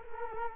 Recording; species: mosquito wingbeat signal from an infrared sensor; Culex quinquefasciatus